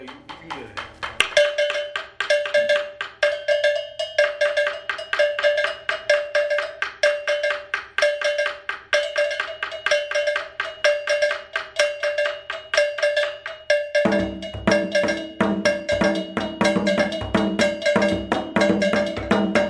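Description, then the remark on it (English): Hand bells played in a drum class ring out a steady processional rhythm, bright repeated metallic strikes layered over a sustained tone, with a fuller, busier texture joining in toward the end. “They will have like about 4 or 5 bells.”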